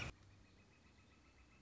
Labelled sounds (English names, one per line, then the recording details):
Northern Flicker
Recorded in Sonoma County, California